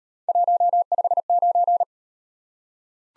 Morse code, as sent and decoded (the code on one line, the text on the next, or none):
.---- ..... ----.
159